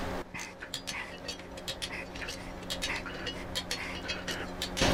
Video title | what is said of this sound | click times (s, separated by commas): DNA RISE WHEELS \ HOW TO REMOVE AND INSTALL FRONT AND REAR WHEELS @harleydavidson TOURING | one ug duga when you hear that torque wrench click stop it's torqu to spec | 0.7 s, 3.7 s, 4.6 s